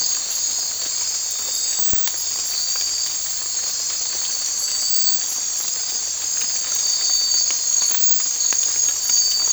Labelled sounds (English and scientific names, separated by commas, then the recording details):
none
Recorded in secondary vegetation near Puerto Asís, Putumayo, Colombia, on 8 March 2025 at 03:30
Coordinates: 0.499, -76.323
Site G094